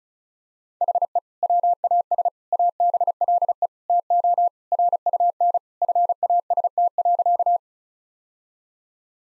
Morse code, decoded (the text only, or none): HE WAS ABLE TO RUN FAST.